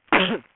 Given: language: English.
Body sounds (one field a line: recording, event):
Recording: throat vibration sensor signal played as sound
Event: cough